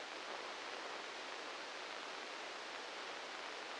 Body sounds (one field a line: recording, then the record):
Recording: brain microelectrode recording played as sound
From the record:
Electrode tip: inside the subthalamic nucleus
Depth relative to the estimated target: -3 mm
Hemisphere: left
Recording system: NeuroSet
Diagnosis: Parkinson's disease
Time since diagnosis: 7 years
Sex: male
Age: 44 years